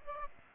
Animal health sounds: mosquito wingbeat signal from an infrared sensor; Aedes aegypti

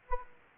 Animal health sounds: mosquito wingbeat signal from an infrared sensor; Anopheles gambiae

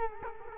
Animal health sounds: mosquito wingbeat signal from an infrared sensor; Culex quinquefasciatus

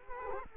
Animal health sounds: mosquito wingbeat signal from an infrared sensor; Culex quinquefasciatus

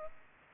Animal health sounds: mosquito wingbeat signal from an infrared sensor; Culex pipiens

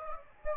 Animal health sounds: mosquito wingbeat signal from an infrared sensor; Anopheles gambiae

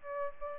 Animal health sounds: mosquito wingbeat signal from an infrared sensor; Aedes albopictus

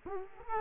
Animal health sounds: mosquito wingbeat signal from an infrared sensor; Culex quinquefasciatus

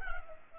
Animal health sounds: mosquito wingbeat signal from an infrared sensor; Culex pipiens

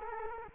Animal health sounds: mosquito wingbeat signal from an infrared sensor; Culex quinquefasciatus

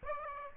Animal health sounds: mosquito wingbeat signal from an infrared sensor; Aedes aegypti

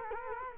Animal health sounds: mosquito wingbeat signal from an infrared sensor; Culex quinquefasciatus

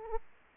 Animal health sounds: mosquito wingbeat signal from an infrared sensor; Aedes aegypti

